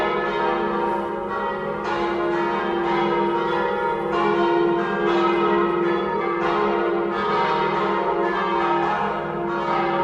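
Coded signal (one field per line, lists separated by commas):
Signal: bell signal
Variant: battiore and plenum ringing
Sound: several church bells ringing together continuously, overlapping strikes roughly every second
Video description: Battiore e Plenum (dura 2 minuti) delle 18:00 per la Messa prefestiva delle 18:30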